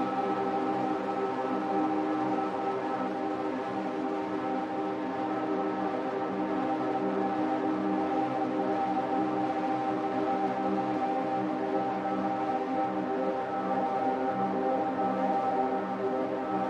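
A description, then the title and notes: A steady, dense drone of resonant tones from an effects chain, many fixed pitches humming low to mid, unchanging level throughout with faint hiss above. Texturas sonoras a partir de una matriz de efectos y un resonador. Sound textures from an effects matrix and a resonator.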